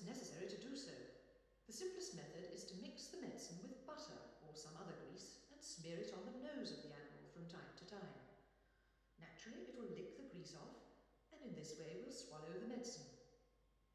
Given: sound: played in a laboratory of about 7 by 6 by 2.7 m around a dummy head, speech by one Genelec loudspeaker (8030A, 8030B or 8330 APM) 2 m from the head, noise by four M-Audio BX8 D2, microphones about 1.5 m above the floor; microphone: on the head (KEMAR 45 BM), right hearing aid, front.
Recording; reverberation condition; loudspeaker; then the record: female speech in English; high; 120 degrees to the right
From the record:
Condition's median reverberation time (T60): about 1300 ms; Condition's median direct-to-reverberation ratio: about -4.0 dB